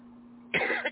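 After a moment of quiet, an adult gives one short, sharp cough that bursts out with a brief second push at its end, then stops. It sounds dry and harsh, with no wet rattle or mucus. A faint steady hum runs in the background. The cough has come on and off since the day before.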